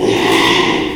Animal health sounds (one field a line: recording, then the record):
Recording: squeal of a Yucatan mini pig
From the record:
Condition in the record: after surgery on the right vocal fold (resection and tissue-engineered implant)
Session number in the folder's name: 1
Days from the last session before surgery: 6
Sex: male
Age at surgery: 12 weeks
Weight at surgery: 13 kg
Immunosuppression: cyclosporine, prednisolone